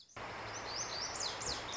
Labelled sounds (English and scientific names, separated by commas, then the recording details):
Lazuli Bunting (Passerina amoena)
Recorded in Sonoma County, California